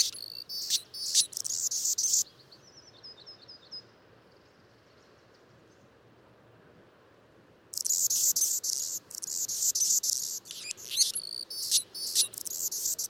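Anna's hummingbird song in scratchy, very high buzzy bursts, a faint twittering between, a quiet gap, then more grating phrases and squeaky chips.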